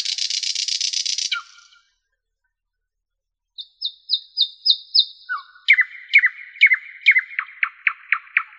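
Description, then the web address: Nightingale delivering a dense buzzy trill, a long silence, then high repeated whistled notes followed by a lower run of sharp staccato chirps. "spiew ptakow piesn slowika"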